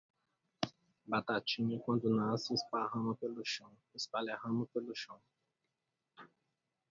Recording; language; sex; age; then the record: short text; Brazilian Portuguese; male; 30 to 39 years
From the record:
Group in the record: control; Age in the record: 35 years